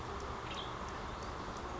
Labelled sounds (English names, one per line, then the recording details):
Western Tanager
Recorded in Sonoma County, California